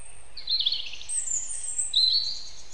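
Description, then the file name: European robin song: a thin high whistle, then two fast jumbled tumbling phrases of sweet, shifting high notes, over a low steady rumble. "Erithacus rubecula"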